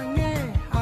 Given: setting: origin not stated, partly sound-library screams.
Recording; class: one-second piece from a danger detection set; normal situation